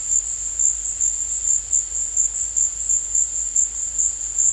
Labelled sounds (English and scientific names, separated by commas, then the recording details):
none
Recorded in dense forest near Puerto Asís, Putumayo, Colombia, on 22 December 2024 at 15:00
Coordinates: 0.484, -76.325
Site G056